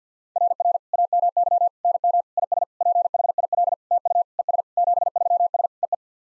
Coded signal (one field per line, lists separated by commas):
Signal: Morse code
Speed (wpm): 50 wpm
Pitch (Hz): 700 Hz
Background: none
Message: RR AMY NM IS PHIL TU ES 73S EE